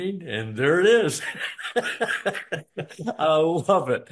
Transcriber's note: laughs